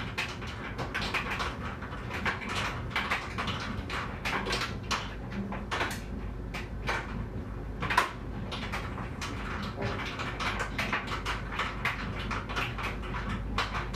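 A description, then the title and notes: A clothes dryer tumbles steadily with a low droning hum, scattered soft knocks and clicks throughout, and a sharper thump near eight seconds. It's laundry day and the dryer tumbles.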